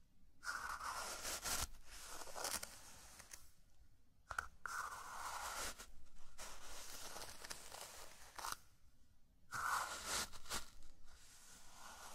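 Sand being brushed in a zen garden, with long gritty sweeps that rise and fade in repeated strokes. Short bright crinkly bursts land near 0.5, 4.3 and 9.7 seconds. Brief quiet pauses separate the strokes, around 4 and 9 seconds.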